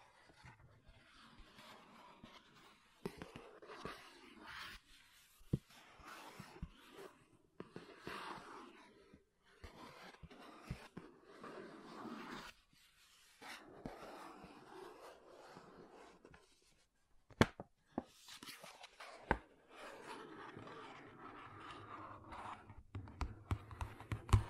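Makeup tapping and scratching, with irregular dense scratchy rustles, sharp taps scattered throughout, brief pauses, and louder clicks near eighteen seconds.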